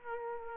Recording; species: mosquito wingbeat signal from an infrared sensor; Aedes aegypti